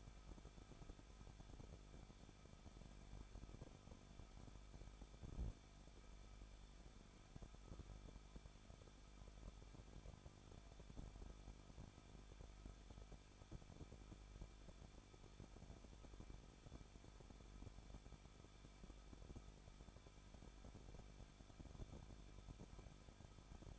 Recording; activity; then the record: daily activity, microphone in the room; no activity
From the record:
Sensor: 5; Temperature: 20.8 degrees Celsius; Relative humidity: 38.5%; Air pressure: 1006.5 hPa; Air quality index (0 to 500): 191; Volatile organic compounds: 20 ppm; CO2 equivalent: 2701 ppm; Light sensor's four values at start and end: 2/3/1/1 and 2/3/1/1